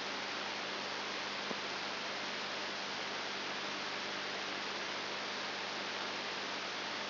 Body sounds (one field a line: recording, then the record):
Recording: brain microelectrode recording played as sound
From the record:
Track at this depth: outside the subthalamic nucleus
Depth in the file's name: 6.9 mm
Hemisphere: left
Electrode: 3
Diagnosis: Parkinson's disease